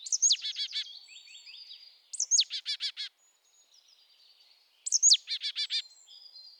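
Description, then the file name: Marsh tit giving three call phrases, a high piercing downward note and a rattling series of harsh buzzy notes, spaced about two and a half seconds apart. "Poecile palustris"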